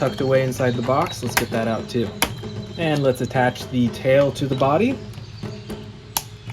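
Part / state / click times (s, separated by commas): dinosaur figure tail into body socket / seated / 6.2 s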